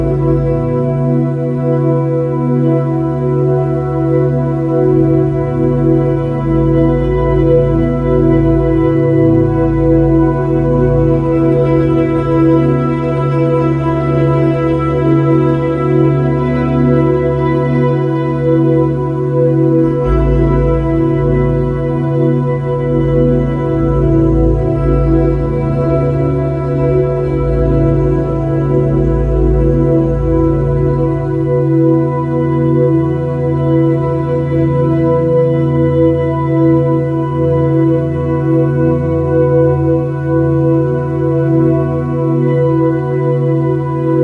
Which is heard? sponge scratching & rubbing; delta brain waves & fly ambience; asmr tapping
delta brain waves & fly ambience